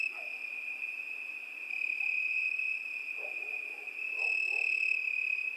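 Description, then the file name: Steady high-pitched cricket chorus, with a few soft, lower notes scattered underneath. Crickets at night. "Zvuki prirody - Noch sverchki"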